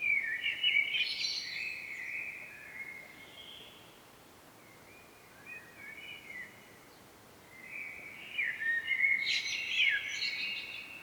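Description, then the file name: Common blackbird song with a warbled phrase at the start and another near the end, each closing with high twittering; quiet stretch between. "Turdus merula"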